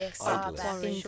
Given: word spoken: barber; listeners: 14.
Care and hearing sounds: one English word in noise, from a listening test; four-talker babble; -2.2 dB; 1 of 14; 6 of 14; 0.68 s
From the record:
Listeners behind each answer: 6, 3, 1, 1, 1, 1, 1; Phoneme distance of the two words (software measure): 10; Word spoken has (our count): 2 syllables, 4 phonemes, stress on syllable 1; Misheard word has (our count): 2 syllables, 4 phonemes, stress on syllable 1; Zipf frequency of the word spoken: 3.63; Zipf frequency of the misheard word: 4.12

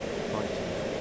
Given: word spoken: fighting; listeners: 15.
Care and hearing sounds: one English word in noise, from a listening test; speech-shaped noise; -6.4 dB; 4 of 15; 6 of 15; 0.61 s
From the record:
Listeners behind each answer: 6, 4, 1, 1, 1, 1, 1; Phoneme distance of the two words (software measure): 17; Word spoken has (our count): 2 syllables, 5 phonemes, stress on syllable 1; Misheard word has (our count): 2 syllables, 4 phonemes, stress on syllable 1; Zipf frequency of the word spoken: 4.87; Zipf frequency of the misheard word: 4.01

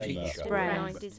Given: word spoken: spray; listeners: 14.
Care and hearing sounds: one English word in noise, from a listening test; four-talker babble; 0.1 dB; 2 of 14; 6 of 14; 0.80 s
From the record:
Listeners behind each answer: 6, 2, 2, 1, 1, 1, 1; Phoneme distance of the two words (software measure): 34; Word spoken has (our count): 1 syllable, 4 phonemes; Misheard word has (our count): 1 syllable, 4 phonemes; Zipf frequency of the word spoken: 3.98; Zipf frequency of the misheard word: 5.01

